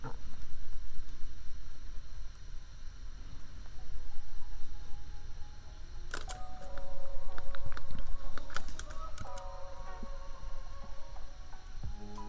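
Keyboard tapping clicks in bursts over a steady laptop fan hum, with soft tonal lofi notes entering around six seconds and lingering.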